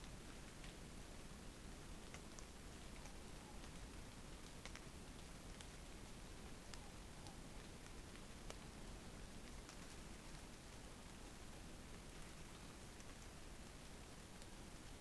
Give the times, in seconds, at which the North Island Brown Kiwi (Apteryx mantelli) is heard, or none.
none